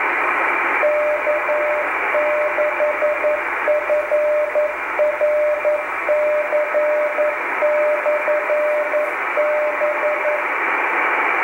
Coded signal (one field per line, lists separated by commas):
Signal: Morse code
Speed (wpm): 11 wpm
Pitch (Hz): 600 Hz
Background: radio noise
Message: K6FRC/B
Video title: K6FRC Beacon 1 in California